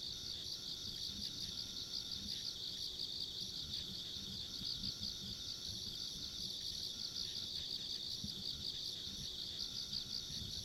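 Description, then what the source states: Insects chirping in a dense, continuous high-pitched chorus with steady pulsing trills, plus faint higher whines and a low rumbling background. Ambient insect sounds along a rural country road.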